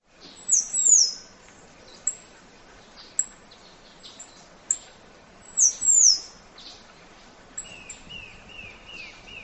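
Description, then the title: Half-collared sparrow with thin, very high falling whistles at intervals; near the end a quick series of lower chirps. "LuckyPassaro Completos2Sama. Half-collared Sparrow (Arremon semitorquatus)"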